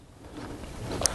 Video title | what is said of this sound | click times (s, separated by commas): Cyclops LED Headlight Conversion BMW F800GS | turn it a quarter turn to the right and it locks in place | 1.1 s